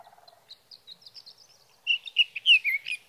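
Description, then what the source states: Sage thrasher song: faint low notes and thin high chirps lead into a short, loud burst of slurred, warbled phrases. Male singing through the night near his night roost, three nights from the evening of June 12 to the morning of June 15, 2018, Sierra Valley, California; Swift recorder placed near roost.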